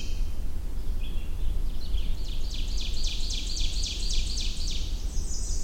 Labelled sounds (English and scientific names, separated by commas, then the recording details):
Ovenbird (Seiurus aurocapilla) song
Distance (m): 50 m
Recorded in boreal forest in Alberta, Canada, on 21 June 2016 at 08:39
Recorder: SongMeter 3, array SBT-6-81
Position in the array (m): 62 m, 130 m
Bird 23